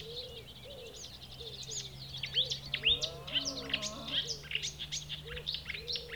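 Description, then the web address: Marsh warbler singing a busy, varied high warble with trills, while soft low cooing notes repeat underneath. Recorded 6 June 2016. "fagelljud 20160606 karrsangare"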